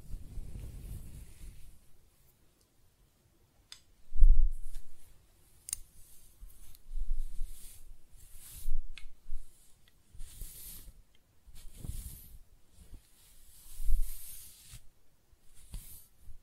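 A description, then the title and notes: Close-up hair sounds: soft scratching and stroking come in short bursts every second or two, each a low rustling thump with a faint dry hiss on top. The strokes are uneven in strength, with a brief silence near the start. ASMR Close-Up Hair Sounds - Scratching, Brushing, Stroking (No Talking).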